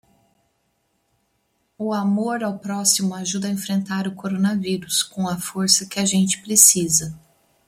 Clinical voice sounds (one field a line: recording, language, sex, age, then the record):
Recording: spoken sentence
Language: Brazilian Portuguese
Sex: female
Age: 40 to 49 years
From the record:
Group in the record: control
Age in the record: 46 years